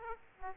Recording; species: mosquito wingbeat signal from an infrared sensor; Aedes aegypti